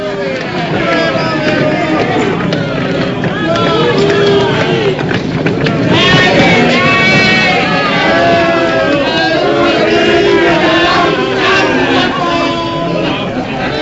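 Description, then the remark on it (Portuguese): A large crowd of people yells and shouts at full volume as Jesus is mercilessly flogged before them, many overlapping voices rising and falling in a constant, deafening roar that never lets up. “Diante da multidão, Jesus é açoitado impiedosamente ao som dos berros ensurdecedores do povo.”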